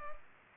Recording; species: mosquito wingbeat signal from an infrared sensor; Culex pipiens